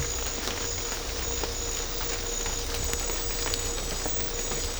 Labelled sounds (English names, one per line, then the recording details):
none
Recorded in secondary vegetation near Puerto Asís, Putumayo, Colombia, on 18 December 2024 at 00:30
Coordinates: 0.500, -76.326
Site G065